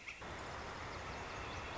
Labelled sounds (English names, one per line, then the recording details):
Northern Flicker
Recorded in Sonoma County, California